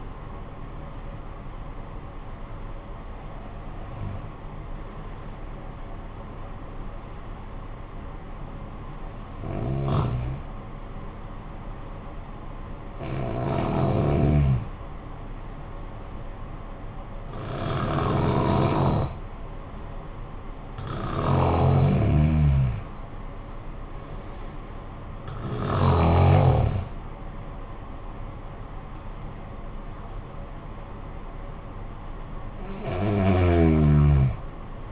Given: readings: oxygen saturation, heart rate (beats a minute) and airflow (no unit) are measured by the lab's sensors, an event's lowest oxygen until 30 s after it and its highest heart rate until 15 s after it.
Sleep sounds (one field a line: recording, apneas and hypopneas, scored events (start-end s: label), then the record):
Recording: breathing in sleep by a smartphone at the bedside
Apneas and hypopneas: 1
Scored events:
8.00-20.70 s: hypopnea (N1, oxygen 97% highest, then 93% lowest, heart rate 71 at the start, 78 highest)
From the record:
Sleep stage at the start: N1 (lightest sleep)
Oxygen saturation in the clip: 92 to 97%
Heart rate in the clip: 52 to 86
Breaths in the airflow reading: 8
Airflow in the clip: -9.0 to 11.3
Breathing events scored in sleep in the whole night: 445 in 7.6 hours asleep